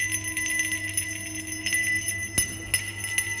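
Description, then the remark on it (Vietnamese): A small bell mounted on top of an old woman's walking staff jingles with a steady, high shimmering ring each time she plants the staff on the ground, broken by a couple of sharp taps near the end. No one speaks. “Mỗi một lần bà già chống gậy xuống đất thì cái chuông lại lắc kêu lên những tiếng leng keng leng keng.”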